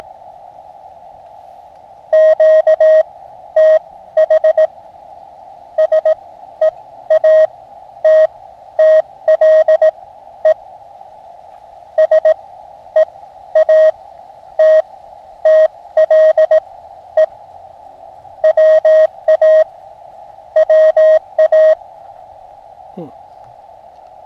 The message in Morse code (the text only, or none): QTH SEATTLE SEATTLE WA WA